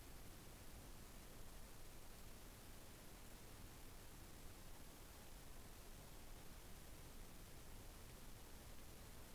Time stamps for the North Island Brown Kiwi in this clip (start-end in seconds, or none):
none